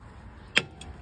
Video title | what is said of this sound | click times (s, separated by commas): I never knew this! #diy #fact #cars #tips #amazing #easy #shorts | you go. Hear that pop? That | 0.6 s